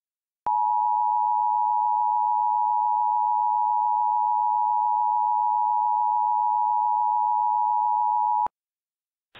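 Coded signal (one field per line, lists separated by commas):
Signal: Emergency Alert System (SAME) tones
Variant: 853 and 960 Hz attention tone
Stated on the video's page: Mock Emergency Alert System AMBER alert for North Carolina, a recreation of an alert relayed via CAP.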